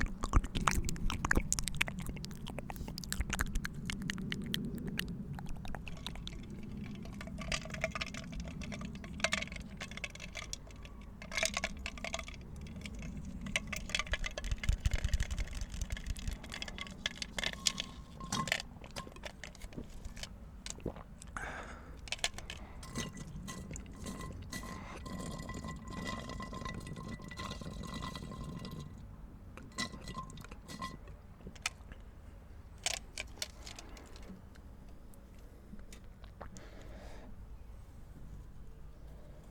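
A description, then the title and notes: Quiet mouth sounds and hand movements outdoors, a steady stream of soft wet clicks, taps and rustles scattered densely throughout. A low rumble sits underneath, and faint high tones, possibly birds or insects, drift in between about 18 and 30 seconds. ASMR Inaudible Mouth Sounds & Hand Sounds In Nature.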